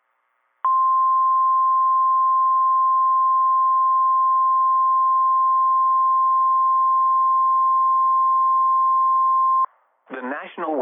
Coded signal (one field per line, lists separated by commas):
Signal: Emergency Alert System (SAME) tones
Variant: 1050 Hz attention tone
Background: speech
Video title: The Lone TOA - EAS Alert from 4/17/26 (EAS #760)